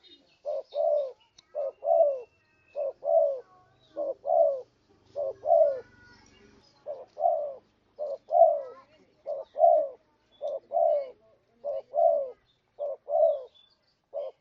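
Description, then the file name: Spotted dove repeating a long run of two-part coos, a short note and a longer downslurred one, with soft bird chirps and a low hum briefly. "tekukur"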